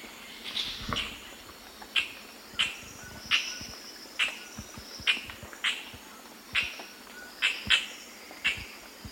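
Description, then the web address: Amazon kingfisher, a series of harsh, abrupt clicking notes at uneven intervals, some doubled, against a constant high insect drone. Recorded in the eastern lowlands of South America. "Natures Songs S America Eastern Lowlands. Amazon Kingfisher"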